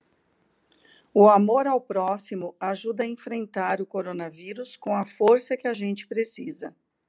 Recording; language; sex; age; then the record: spoken sentence; Brazilian Portuguese; female; 50 to 59 years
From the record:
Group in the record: control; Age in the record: 52 years